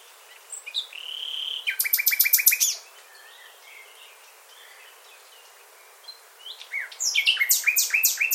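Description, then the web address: Bird song: a steady high note breaking into a fast burst of sharp chirps, a quiet gap with soft notes, then another rapid chirping phrase. "birddata Deverinetal 2025 File origin Bird Only"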